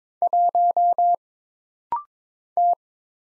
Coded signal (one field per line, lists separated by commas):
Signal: Morse code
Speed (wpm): 22 wpm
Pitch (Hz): 700 Hz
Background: none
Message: 1 T